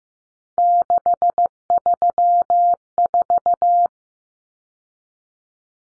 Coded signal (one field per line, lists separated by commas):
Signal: Morse code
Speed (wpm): 15 wpm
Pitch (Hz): 700 Hz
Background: none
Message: 634